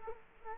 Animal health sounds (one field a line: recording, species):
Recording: mosquito wingbeat signal from an infrared sensor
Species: Culex quinquefasciatus